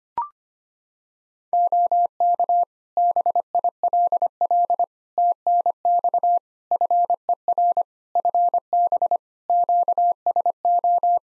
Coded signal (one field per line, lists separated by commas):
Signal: Morse code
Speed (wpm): 25 wpm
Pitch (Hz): 700 Hz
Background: none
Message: OK BILL TNX FER FB QSO